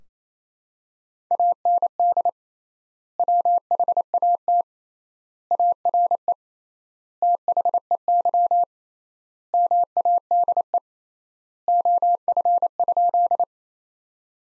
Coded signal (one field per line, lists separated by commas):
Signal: Morse code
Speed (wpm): 28 wpm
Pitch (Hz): 700 Hz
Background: none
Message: AND WHAT ARE THEY MADE OF?